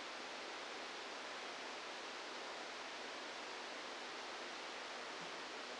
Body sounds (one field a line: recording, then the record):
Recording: brain microelectrode recording played as sound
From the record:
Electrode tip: outside the subthalamic nucleus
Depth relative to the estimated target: -6 mm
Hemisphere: left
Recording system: NeuroSet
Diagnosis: Parkinson's disease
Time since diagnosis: 10 years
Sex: male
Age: 63 years